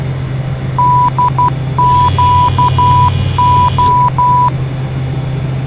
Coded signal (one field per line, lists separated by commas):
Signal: Morse code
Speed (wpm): 12 wpm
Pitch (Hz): 990 Hz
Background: none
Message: DQO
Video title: Taking Another Look At Flight Simulator X Cross Keys (17N) to Lancaster (KLNS) and Back